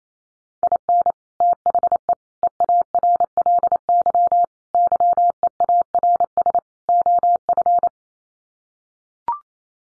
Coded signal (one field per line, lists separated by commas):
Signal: Morse code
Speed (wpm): 28 wpm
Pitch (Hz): 700 Hz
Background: none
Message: IN THE EARLY YEARS OF